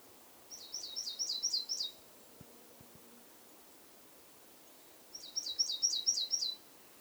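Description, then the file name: Great tit giving two rapid strings of about six high, sharp double notes, separated by several seconds of faint background hiss. "Parus major"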